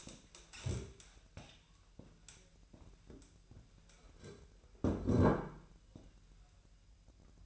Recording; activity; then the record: daily activity, microphone in the room; stand up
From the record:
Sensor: 2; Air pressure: 1001.5 hPa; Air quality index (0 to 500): 244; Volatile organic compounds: 79 ppm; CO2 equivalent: 3598 ppm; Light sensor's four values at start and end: 10/23/10/10 and 9/22/9/10